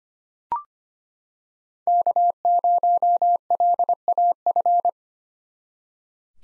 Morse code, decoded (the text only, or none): K0LAF